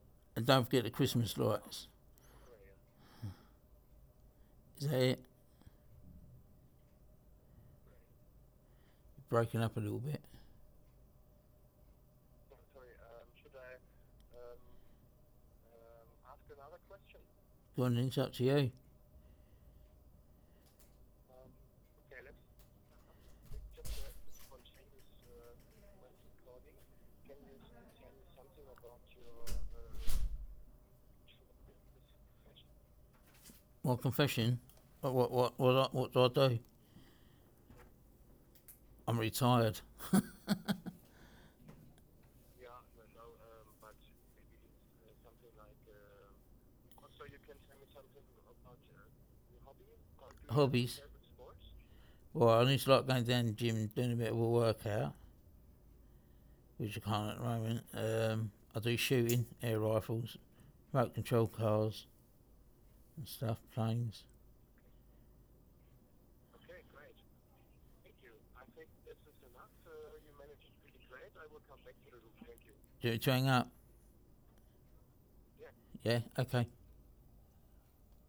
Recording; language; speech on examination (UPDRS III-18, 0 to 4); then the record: conversation on a phone call; English; 2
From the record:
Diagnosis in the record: Parkinson's disease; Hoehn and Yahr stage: 3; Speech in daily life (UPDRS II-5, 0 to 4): 1